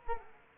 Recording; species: mosquito wingbeat signal from an infrared sensor; Culex quinquefasciatus